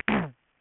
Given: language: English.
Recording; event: throat vibration sensor signal played as sound; throat clearing